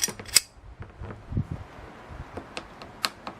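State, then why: Seated. The upper metal clamp on a rubber/silicone drive-shaft boot is closed with pliers, engaging both sides. Sharp metallic snaps at 0.4 s and 3.1 s, with fainter ticks and handling noise between, mark the clamp teeth snapping into place. The clamp is seated and engages well.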